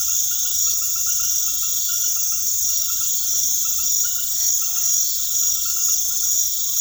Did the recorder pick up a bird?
no